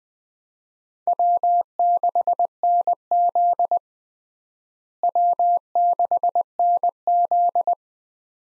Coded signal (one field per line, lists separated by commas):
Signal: Morse code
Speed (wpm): 20 wpm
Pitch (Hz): 700 Hz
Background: none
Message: W6NZ W6NZ